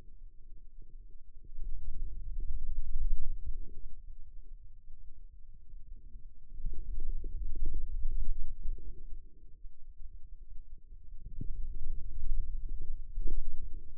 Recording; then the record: forearm muscle sounds (acoustic myography)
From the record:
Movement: pen grasping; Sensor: system 2, bracelet of six BSWA MPA416 microphones around the upper forearm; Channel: 5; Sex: male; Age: 22 years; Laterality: right